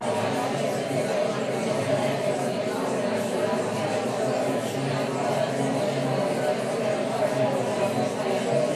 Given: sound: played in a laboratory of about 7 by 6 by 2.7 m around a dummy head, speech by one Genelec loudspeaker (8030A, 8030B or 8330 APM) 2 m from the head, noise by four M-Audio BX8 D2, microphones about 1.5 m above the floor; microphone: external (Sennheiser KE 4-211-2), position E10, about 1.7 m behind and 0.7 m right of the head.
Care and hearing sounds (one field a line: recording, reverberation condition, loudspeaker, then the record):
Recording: babble noise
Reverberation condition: medium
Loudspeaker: four, about 170 cm from the corners of the room and facing them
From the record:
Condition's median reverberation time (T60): about 510 ms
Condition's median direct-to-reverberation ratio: about -0.5 dB